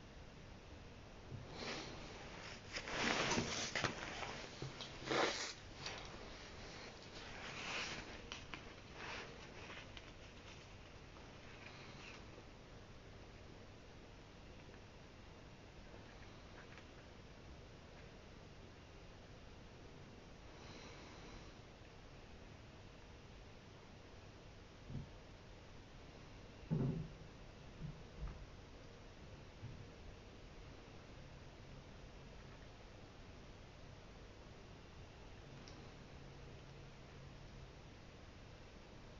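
Someone reads a book's opening pages and copies out a memorable passage. A cluster of papery rustles and handling sounds fills the first ten seconds, then a low steady hiss with faint scratching follows, broken by a few short knocks around 25 to 28 seconds.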